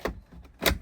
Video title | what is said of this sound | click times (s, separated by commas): Handover video of an Elddis Autoquest Signature 150 | and just click | 0.7 s